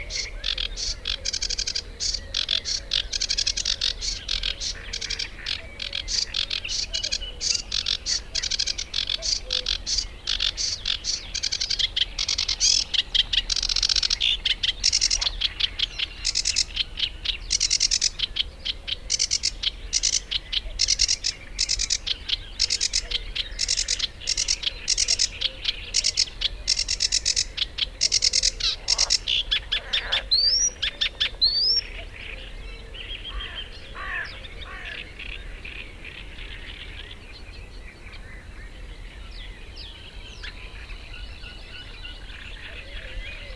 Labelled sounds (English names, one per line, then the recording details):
Sedge Warbler song
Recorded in the wild
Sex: male
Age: adult
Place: Gartz (Oder), Nationalpark Unteres Odertal, Brandenburg, DE
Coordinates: 53.147, 14.3679
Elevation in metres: 1
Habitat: wetland
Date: 2014-05-07 19:52
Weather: cloudy, 18°C, almost windless
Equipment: Sound Devices 702, Sennheiser MKH 70, Rycote Windschutz
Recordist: Frommolt, Karl-Heinz